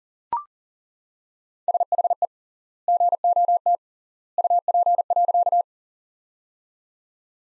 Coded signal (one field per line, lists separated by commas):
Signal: Morse code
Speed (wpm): 37 wpm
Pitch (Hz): 700 Hz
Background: none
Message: SHE GOT UP.